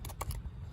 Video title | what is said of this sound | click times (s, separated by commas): Tuneup on a 2012-2018 Ford Focus | Go ahead and push the coil back down till it clicks. | 0.2 s